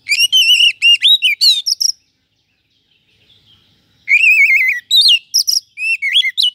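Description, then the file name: Oriental magpie-robin song: sweet warbled whistles with wavering, trilled notes, a two-second pause, then another bright, varied phrase. "Suara Kacer"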